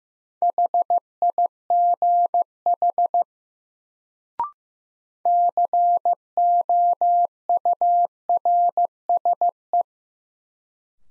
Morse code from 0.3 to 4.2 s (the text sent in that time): HIGH